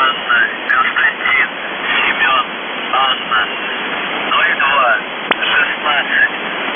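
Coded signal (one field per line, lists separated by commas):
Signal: numbers station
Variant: UVB-76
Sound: a voice speaking short phrases through heavy shortwave hiss, with one sharp click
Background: radio static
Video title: The Buzzer/UVB-76(4625Khz) December 8, 2021 12:26UTC Voice message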